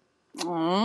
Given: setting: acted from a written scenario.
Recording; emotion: vocal sound without words; disappointment